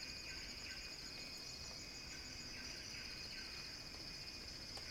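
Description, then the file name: Cicada song, a loud high buzz that throbs in rapid pulses, with soft lower chirps repeating beneath it. Cicada song building as a crescendo. "earth-fm Axel-Drioli Cicada-Crescendo-Sounding-Wild"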